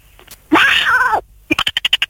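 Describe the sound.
A person imitates a dolphin: a long, high, warbling squeal lasting under a second, followed by a quick series of about eight sharp, chattering clicks in a steady rhythm.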